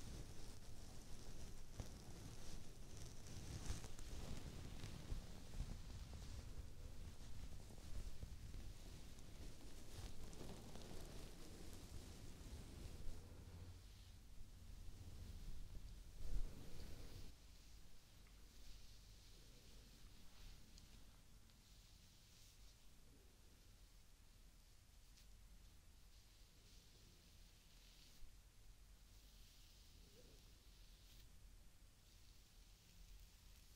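Hair brushing and scalp scratching make a dense, bristly rustle, heavier and fuller through the first seventeen seconds with rising and falling strokes. After that the sound thins to softer, quieter scratching and light friction, with occasional small taps and brushes standing out.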